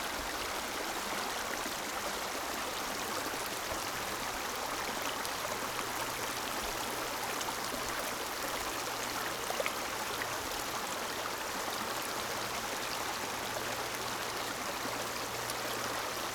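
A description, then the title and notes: A trickling stream runs steadily, its dense, even splashing and bubbling filling the upper range with a bright hiss. The flow is unchanging throughout, with a faint low hum running underneath and a small splash near the ten-second mark. Trickling Stream.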